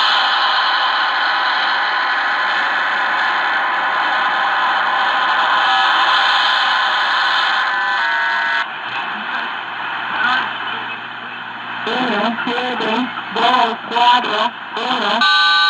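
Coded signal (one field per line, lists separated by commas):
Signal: numbers station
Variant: HM01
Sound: hissy data-like roar with steady tones, then short clipped voice syllables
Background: radio static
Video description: Here is some audio from HM01, the Cuban Spy Numbers station with WBCQ heard underneath it on 9330 KHz.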